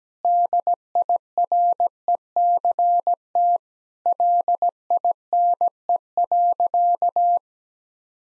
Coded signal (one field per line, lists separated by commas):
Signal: Morse code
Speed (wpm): 17 wpm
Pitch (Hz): 700 Hz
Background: none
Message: DIRECT LINE.